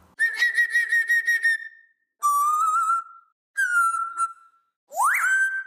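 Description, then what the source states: Grey parrot mimicking: four clear whistled phrases, the first wavering and warbled, two level whistles, then a sharp swooping rising note. Congo grey parrot making mimic sounds; from a sound library release.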